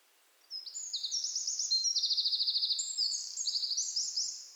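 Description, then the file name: Eurasian wren song: after a brief quiet start, an energetic stream of high, rapid trills and chattering notes shifts between pitches, then fades at the end. "Troglodytes troglodytes"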